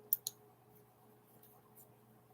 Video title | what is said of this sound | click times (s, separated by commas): The A.T.E. WCK After party (11/7/21) | with them you just drop it shut and then just a little click | 0.1 s